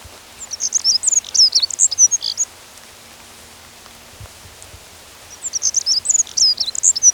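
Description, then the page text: Black-throated accentor song: two rapid, high scratchy warbled phrases separated by a few seconds of quiet, over faint steady background hiss. "Black-Throated Accentor Song. Quick Sounds"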